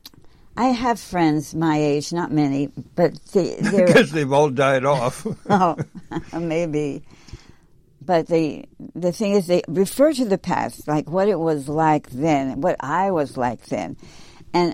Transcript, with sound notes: I have friends my age, not many, but they, they're-
(laughs) Because they've all died off. (laughs)
Oh. (laughs) Maybe. But they, the thing is, they refer to the past, like what it was like then, what I was like then.